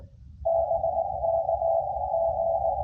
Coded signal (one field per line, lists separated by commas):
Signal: Morse code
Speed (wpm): 19 wpm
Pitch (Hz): 660 Hz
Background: radio noise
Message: BK G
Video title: QRP Labs QMX CW POTA On 10 Meters